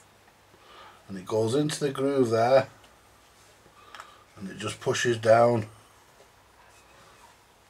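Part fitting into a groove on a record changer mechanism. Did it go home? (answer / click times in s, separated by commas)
no / none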